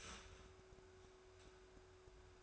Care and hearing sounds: daily activity, microphone in the room; start toaster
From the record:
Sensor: 2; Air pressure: 1014.6 hPa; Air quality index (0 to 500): 204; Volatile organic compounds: 24 ppm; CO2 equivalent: 2798 ppm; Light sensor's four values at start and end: 3/9/3/3 and 3/9/3/3

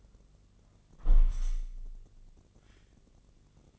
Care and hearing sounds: daily activity, microphone in the room; close window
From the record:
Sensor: 4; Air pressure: 1013.1 hPa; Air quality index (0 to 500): 167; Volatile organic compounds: 2 ppm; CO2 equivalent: 1056 ppm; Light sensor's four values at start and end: 38/94/38/39 and 38/94/38/39

